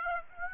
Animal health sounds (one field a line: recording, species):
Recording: mosquito wingbeat signal from an infrared sensor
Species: Aedes aegypti